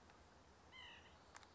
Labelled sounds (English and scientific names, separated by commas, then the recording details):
White-breasted Nuthatch (Sitta carolinensis)
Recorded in Sonoma County, California